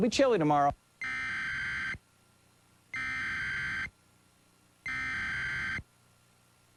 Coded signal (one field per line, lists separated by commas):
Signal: Emergency Alert System (SAME) tones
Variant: header bursts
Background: speech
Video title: EAS Tornado Warning – WHIO-TV 7, Western OH (11/24/2004)